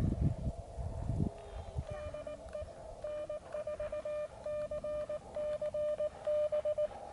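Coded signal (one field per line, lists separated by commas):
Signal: Morse code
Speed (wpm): 19 wpm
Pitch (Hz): 600 Hz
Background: radio noise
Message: DE N4CCB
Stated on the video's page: Attempted SOTA activation on Pikes Peak with a KX2, signals weak, aborted due to weather and lightning.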